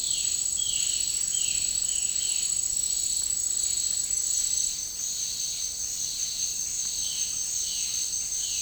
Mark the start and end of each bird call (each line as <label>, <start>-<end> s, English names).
Violaceous Jay, 0.06-2.33 s
Violaceous Jay, 7.04-8.62 s